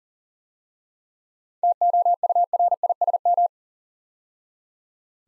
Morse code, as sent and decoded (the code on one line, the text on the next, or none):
- --- ..- .-. .. ... --
TOURISM